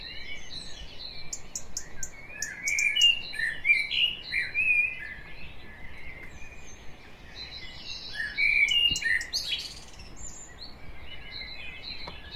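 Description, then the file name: Common blackbird giving warbled phrases of mid-pitched notes with sharp high clicks above, several bursts clustered around three to five seconds and again near nine seconds, over steady background hiss. "Turdus merula"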